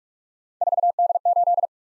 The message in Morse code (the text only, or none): 4D8